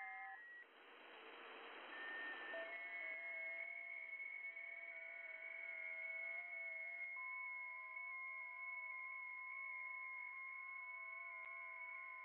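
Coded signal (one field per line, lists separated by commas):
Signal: FT8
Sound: several faint overlapping warbling tones held steady, after a brief burst of hiss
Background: radio static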